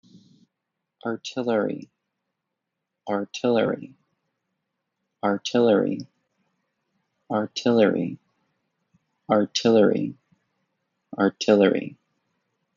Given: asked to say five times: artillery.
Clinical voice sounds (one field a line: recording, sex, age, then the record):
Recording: repeated word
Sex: male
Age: 20 to 29 years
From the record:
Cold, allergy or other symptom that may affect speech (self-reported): no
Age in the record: 20 years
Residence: United States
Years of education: 15